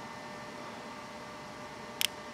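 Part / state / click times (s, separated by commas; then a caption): seal retainer into a flex-fuel sensor wiring connector / seated / 2.1 s. A plastic seal retainer is pushed into a Delphi flex-fuel sensor wiring connector over a steady, broadband hiss. A single sharp, bright click sounds at 2.1 s as the retainer seats in the connector.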